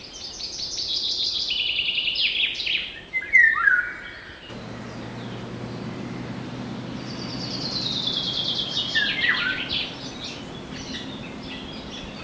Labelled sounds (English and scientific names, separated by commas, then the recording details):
Eurasian Golden Oriole (Oriolus oriolus)
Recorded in the wild
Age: adult
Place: Schielleitn
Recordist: Brunner, Thomas